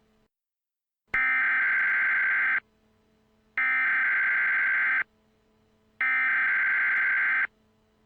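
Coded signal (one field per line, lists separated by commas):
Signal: Emergency Alert System (SAME) tones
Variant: header bursts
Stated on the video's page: Fictional EAS scenario recreation, not a real alert.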